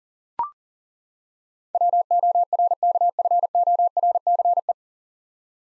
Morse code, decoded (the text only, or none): WORKFORCE